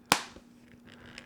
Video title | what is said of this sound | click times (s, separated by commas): Cancel Spotify: Sony Sports CD Player D-FS18 Review | When you open and close the player, it makes you feel like this thing is secured, and it really has just this nice click | 0.1 s